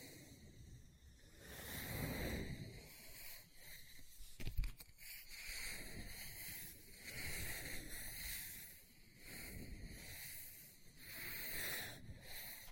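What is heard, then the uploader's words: Scratching on a book, a dry, hissy rubbing that swells and fades in repeated strokes roughly every second or two. Around the four-and-a-half second mark a sharp tap or knock cuts through, and a faint low rumble sits underneath throughout. Book Tapping, Scratching, Page Turning.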